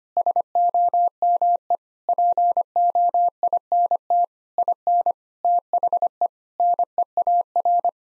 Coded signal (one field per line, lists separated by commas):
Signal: Morse code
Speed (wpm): 25 wpm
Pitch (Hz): 700 Hz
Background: none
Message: SOME POINT IN THE NEAR